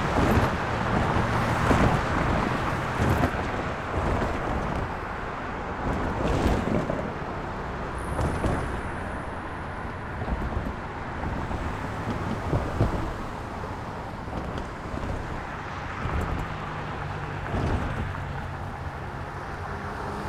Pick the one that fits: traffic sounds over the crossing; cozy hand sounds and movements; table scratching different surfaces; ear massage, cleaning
traffic sounds over the crossing